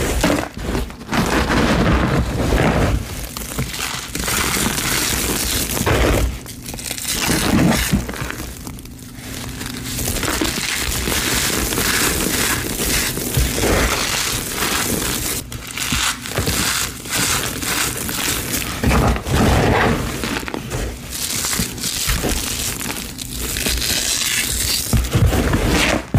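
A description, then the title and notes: Gym chalk mixed with baby oil is crushed and worked continuously, making a dense, crinkly crunching that fills the whole clip. Sharp crackles and squeezing bursts come every second or so without a steady rhythm, with a faint low hum running underneath. Baby Oil Gym Chalk Crushing Compilation.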